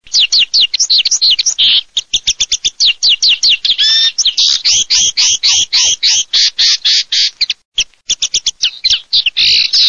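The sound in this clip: European goldfinch singing a fast, continuous twittering song of liquid, tinkling notes and buzzy trills, varied and rapid throughout with hardly any pause.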